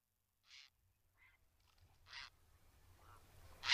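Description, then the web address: Grey heron giving several brief hoarse squawks at uneven intervals, soft and stronger ones, the last loud and cut off. "agykontroll Madardalok Cd 3. Szürke gém"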